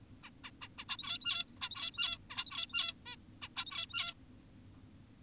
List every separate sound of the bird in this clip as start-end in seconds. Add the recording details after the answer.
0.24-0.30, 0.44-0.51, 0.62-0.68, 0.78-0.85, 0.89-1.45, 1.62-2.18, 2.30-2.94, 3.06-3.16, 3.42-3.49, 3.56-4.14. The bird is an adult. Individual g17y2U